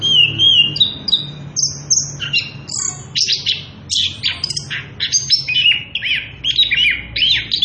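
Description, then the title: Orange-headed thrush song, a rich, varied stream of whistled and trilled phrases, some sliding, delivered almost without pause over a low steady hum. Energetic continuous singing (ngerol) at high volume, used as a lure and training recording for young birds (trotolan). "Anis Kembang Gacor. pancingan anis kembang ngerol edan volume dasyattt cocok buat masteran trotolan"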